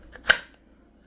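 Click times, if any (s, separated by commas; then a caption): 0.3 s. A large fixed-blade knife, the Huntsman by Very Good Knife Co., is pushed into its molded kydex sheath. It snaps in with one sharp, bright click at 0.3 s, with a faint tick just before and another just after. It seats with a firm lockup and only a little rattle at the tip.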